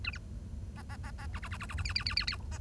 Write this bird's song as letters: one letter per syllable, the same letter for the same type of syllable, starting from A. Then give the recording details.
A B C C C C D D D D D D E E E E E C. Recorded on 1 October 2012 at 10:01. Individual or60yw70